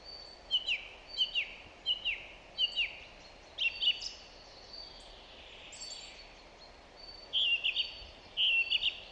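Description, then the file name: Song thrush song: one phrase repeated about five times in steady series, then pauses and new loud repeated whistled phrases, with faint hiss throughout. "Zanglijster Turdus philomelos"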